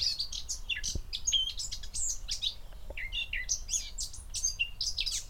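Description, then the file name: Eurasian blackcap song, a continuous rich warble of quick fluty and scratchy notes that tumble up and down throughout, over a low background rumble. "Sylvia atricapilla"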